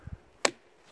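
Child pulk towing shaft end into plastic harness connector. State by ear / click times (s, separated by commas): seated / 0.4 s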